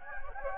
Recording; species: mosquito wingbeat signal from an infrared sensor; Anopheles gambiae